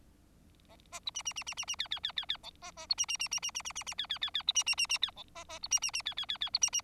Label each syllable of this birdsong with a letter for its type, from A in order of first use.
A A B C C C C C C D D D D D E A A B C C C C C C C C C D D D D B C C C C D E A A B C C C D D D D B C C